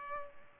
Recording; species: mosquito wingbeat signal from an infrared sensor; Culex pipiens